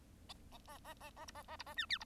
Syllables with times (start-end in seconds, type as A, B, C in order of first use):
0.67-0.78 A, 0.84-0.94 A, 1.00-1.10 A, 1.16-1.26 A, 1.27-1.32 B, 1.34-1.43 A, 1.48-1.57 A, 1.59-1.63 B, 1.66-1.74 A, 1.76-1.86 C, 1.89-1.98 D, 2.00-2.04 B